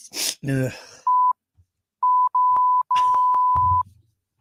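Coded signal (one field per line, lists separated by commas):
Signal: none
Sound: censor bleeps over speech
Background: speech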